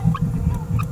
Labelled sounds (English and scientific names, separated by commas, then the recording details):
Green-rumped Parrotlet (Forpus passerinus) babbling
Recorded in a nest box in Venezuela
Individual 18B17A3